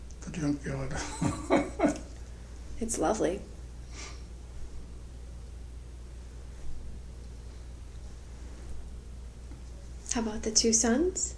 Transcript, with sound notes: the junk yard. [laughter]
It's lovely. How about the two sons?